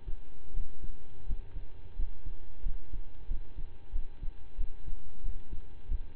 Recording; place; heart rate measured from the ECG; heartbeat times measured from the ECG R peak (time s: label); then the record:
heart sounds by stethoscope; between the tricuspid and mitral areas; 90 bpm
0.52 s: heartbeat
1.25 s: heartbeat
1.95 s: heartbeat
2.62 s: heartbeat
3.27 s: heartbeat
3.92 s: heartbeat
4.57 s: heartbeat
5.22 s: heartbeat
5.87 s: heartbeat
From the record:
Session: slow and fast walking with breaks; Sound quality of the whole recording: saturated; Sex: male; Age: 25 years